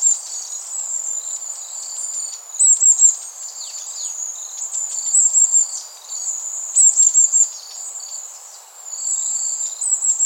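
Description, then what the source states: Long-tailed tit calling in short bursts of a few very high, thin notes, set against a continuous high buzzing background. Recorded 21 September 2016.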